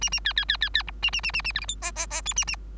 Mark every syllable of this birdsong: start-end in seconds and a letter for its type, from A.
0.01-0.10 A, 0.12-0.20 A, 0.24-0.33 B, 0.36-0.45 B, 0.48-0.57 B, 0.61-0.69 B, 0.74-0.83 B, 0.87-0.91 C, 1.02-1.10 A, 1.12-1.21 A, 1.23-1.31 A, 1.33-1.42 A, 1.44-1.52 A, 1.54-1.60 D, 1.61-1.66 E, 1.68-1.76 F, 1.81-1.92 G, 1.95-2.06 G, 2.10-2.21 G, 2.25-2.34 H, 2.36-2.45 A, 2.47-2.56 A